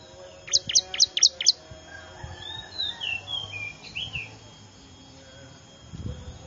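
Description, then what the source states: Bar-winged prinia calls: a quick run of five sharp, high, downslurred chips, followed by softer warbled notes. Lure call (pikat) used to attract wild birds, described as noisy ('ribut') ciblek calling.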